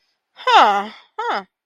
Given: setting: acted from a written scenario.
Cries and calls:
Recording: vocal sound without words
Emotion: interest

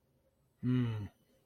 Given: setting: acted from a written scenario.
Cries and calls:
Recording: vocal sound without words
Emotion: neutral

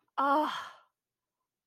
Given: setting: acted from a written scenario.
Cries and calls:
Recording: vocal sound without words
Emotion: relief

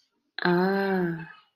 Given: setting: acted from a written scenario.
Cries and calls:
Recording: vocal sound without words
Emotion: desire

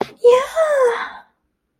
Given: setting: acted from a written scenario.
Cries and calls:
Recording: vocal sound without words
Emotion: triumph

